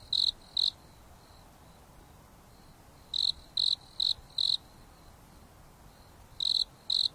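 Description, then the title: Insect chirping, high pulses in groups of up to four with gaps of two seconds or more, a quieter caller ticking faintly between, over a soft hiss. Night on a mountain top under a starry sky, gentle breeze blowing, insects singing leisurely. "There is a gentle breeze blowing on the top of the mountain under the starry sky, and the insects are singing leisurely."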